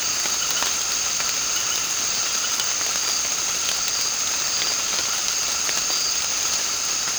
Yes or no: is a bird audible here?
no